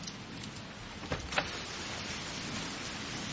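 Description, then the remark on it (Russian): Steady, dense hiss of heavy rain pouring down without pause, with a couple of brief sharper splashes or knocks standing out early on. No voices. “Такой ливень и на ночь глядя, да? Сейчас даже обезьяны на улицу носа не кажут.”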